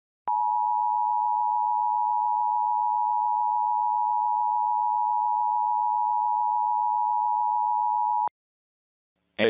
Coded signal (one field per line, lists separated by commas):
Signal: Emergency Alert System (SAME) tones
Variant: 853 and 960 Hz attention tone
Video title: [EAS Mock: S2 | #16] "9-1-1 is sick" (07/06/21)